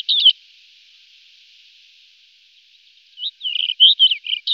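White-crowned wheatear, a short chirp burst followed after a pause by a lively series of whistled and twittering notes, against faint background hiss.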